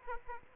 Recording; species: mosquito wingbeat signal from an infrared sensor; Aedes aegypti